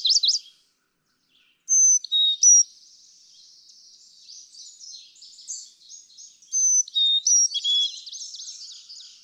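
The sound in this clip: Carolina chickadee giving whistled high-low song phrases, separated by a stretch of soft, busy chattering and twittering notes.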